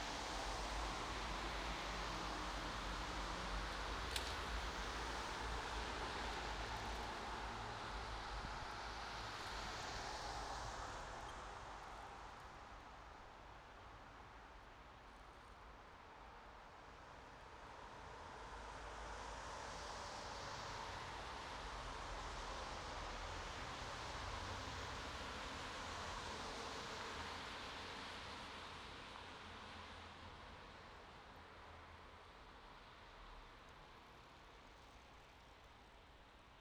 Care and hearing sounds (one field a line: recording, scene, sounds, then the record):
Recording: everyday scene through a hearing-aid microphone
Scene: in traffic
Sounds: traffic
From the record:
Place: bus stop on a city main road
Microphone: in the ear canal, right